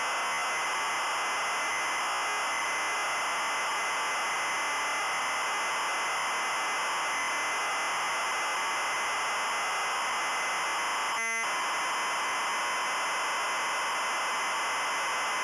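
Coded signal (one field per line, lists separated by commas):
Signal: ZX Spectrum tape loading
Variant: Adventurer custom loader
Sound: continuous harsh rasping data screech with a steady whine, a brief tonal break near 11 seconds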